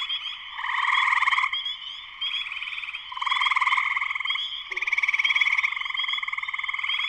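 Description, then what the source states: Spring peeper chorus of high continuous peeps and layered trills, swelling in bursts, with a brief low sound near the middle. Spring peepers in full chorus shortly after sunset, Sleeping Bear Dunes National Lakeshore, northern Michigan, USA.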